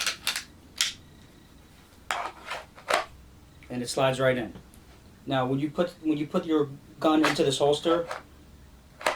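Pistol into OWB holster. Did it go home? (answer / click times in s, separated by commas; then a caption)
yes / 9.1 s. A pistol is pushed down into a rigid outside-the-waistband holster until its retention engages, with a click at 9.1 s. Before that, sharp handling clicks and knocks come at the start and around 2.1 s, and someone talks. The pistol seats in the holster.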